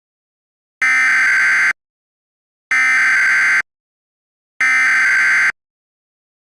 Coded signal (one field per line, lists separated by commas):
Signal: Emergency Alert System (SAME) tones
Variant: header bursts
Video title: EAS Scenario 7: Mario 85